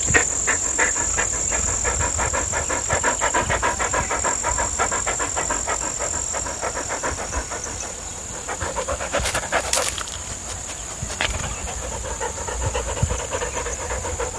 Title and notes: Luna (perra). San Cristóbal de Las Casas, Chiapas, mayo 2021